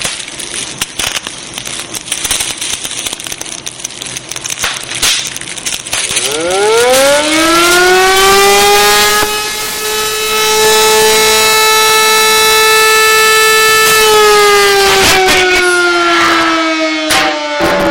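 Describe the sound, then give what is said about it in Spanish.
A loud siren winds up from a low pitch into a steady, rising wail that holds, then slowly dips, over a noisy, clattering background with no talking. “Prendemos la mecha porque empieza Cienfuegos, se suenan las alarmas.”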